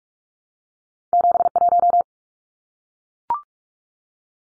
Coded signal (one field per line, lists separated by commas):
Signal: Morse code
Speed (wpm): 44 wpm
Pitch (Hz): 700 Hz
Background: none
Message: 71